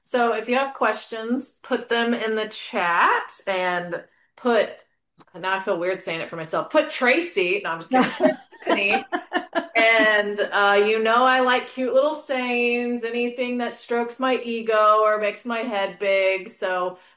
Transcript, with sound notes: So if you have questions, put them in the chat, and put, and now I feel weird saying it for myself, put Tracey. No, I'm just kidding. Put Tiffany.
(laughs)
And, uh, you know I like cute little sayings, anything that strokes my ego or makes my head big,